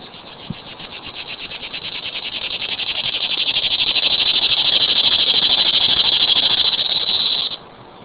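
Cicada call: a rapid pulsing buzz that swells steadily over several seconds into a loud, continuous shrill drone, then cuts off sharply near the end.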